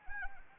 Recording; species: mosquito wingbeat signal from an infrared sensor; Anopheles arabiensis